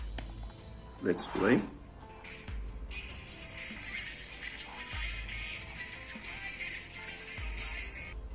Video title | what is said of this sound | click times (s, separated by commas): Connect your HEADSET to your CELLPHONE No 3.5mm Jack (A33-A53) HOTEC USB TypeC Audio Adapter#shorts | I'm going to connect this and make sure it clicks | 0.2 s